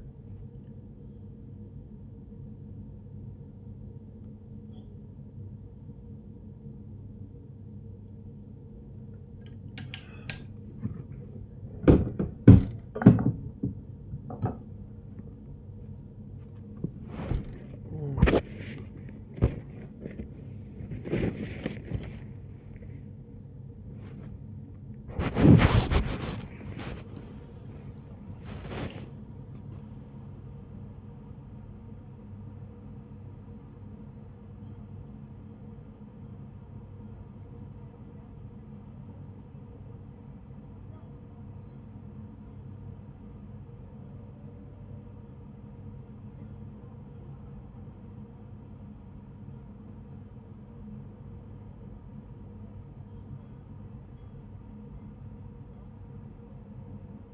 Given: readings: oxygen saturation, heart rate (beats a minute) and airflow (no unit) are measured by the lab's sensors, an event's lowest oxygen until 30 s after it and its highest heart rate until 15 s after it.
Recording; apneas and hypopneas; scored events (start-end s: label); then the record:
a person awake in a sleep study, by a smartphone at the bedside; 1
0.00-57.34 s: awake
14.00-45.10 s: hypopnea (scored as awake, oxygen 98% highest, then 95% lowest, heart rate 85 at the start, 94 highest)
From the record:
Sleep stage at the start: awake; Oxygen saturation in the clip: 95 to 98%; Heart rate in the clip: 63 to 94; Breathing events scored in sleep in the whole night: 35 in 6.9 hours asleep